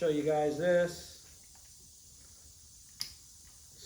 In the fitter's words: snaps right in